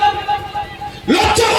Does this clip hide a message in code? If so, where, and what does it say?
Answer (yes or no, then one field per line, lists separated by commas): no